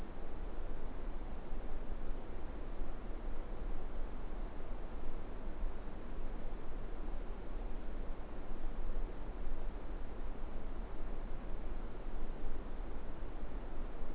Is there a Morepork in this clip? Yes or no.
no